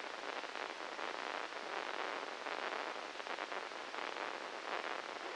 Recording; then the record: brain microelectrode recording played as sound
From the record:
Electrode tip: inside the subthalamic nucleus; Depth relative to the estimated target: -1 mm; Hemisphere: left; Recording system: NeuroSet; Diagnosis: Parkinson's disease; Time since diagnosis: 13 years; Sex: male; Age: 63 years